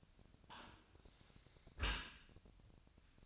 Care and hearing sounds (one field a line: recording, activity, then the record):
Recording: daily activity, microphone in the room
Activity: close dishwasher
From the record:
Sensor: 2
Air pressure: 1003.0 hPa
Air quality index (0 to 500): 199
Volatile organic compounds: 6 ppm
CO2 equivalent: 1891 ppm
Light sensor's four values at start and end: 23/55/24/26 and 23/55/24/26